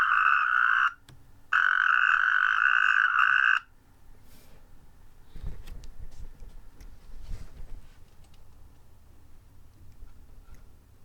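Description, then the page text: Natterjack toad giving loud, steady rattling trills, one short and one about two seconds long, followed by quiet background rustling and faint knocks. Garrigue in Hérault, France; species returns to breed from late February to early April in temporary ponds and pools of the garrigue. "william gonzalez. crapaud calamite en garrigue Hérault"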